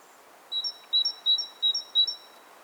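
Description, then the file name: Great tit song, one unbroken run of five bright two-note whistles, low then high, delivered quickly and evenly against faint background noise. "Parus major"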